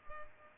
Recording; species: mosquito wingbeat signal from an infrared sensor; Culex pipiens